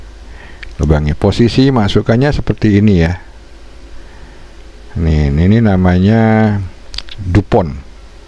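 A crimped metal Dupont pin is handled at its plastic connector housing, lined up but not yet pushed in to lock. Someone talks throughout, with a brief sharp tick near 0.6 s. Nothing has seated or clicked yet.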